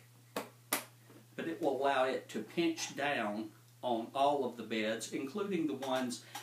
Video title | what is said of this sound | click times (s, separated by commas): that ratchets when it closes you may can hear them click but it will | 0.4 s, 0.7 s, 1.4 s